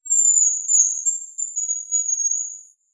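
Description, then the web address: Hazel grouse giving a very high, thin whistled call that holds steady for almost three seconds with slight wavering and brief breaks, against a silent background. "Bonasa bonasia"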